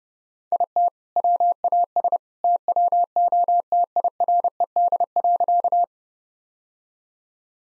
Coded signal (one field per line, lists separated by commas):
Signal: Morse code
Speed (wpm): 32 wpm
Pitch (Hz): 700 Hz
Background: none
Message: IT WAS TWO TIRED.